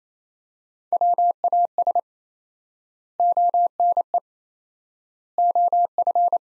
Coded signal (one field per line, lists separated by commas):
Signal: Morse code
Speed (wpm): 27 wpm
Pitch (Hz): 700 Hz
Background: none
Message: WAS ONE OF